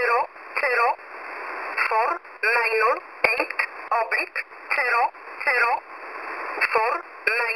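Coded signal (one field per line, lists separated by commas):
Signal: numbers station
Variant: E11 Oblique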